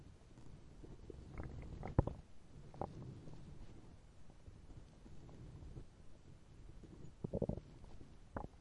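Low, irregular gurgling and rumbling runs through the whole stretch, with a few brief sharper gurgles near the start and toward the end. These are hunger growls of an empty stomach, ordinary gut noises.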